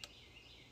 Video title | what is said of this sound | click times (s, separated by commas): Skill level 7: How to Set a Torque Wrench + Perform the Click Test (Beginner Friendly) | That and it clicked. So, there you have it. It's a very uh light click. | 0.0 s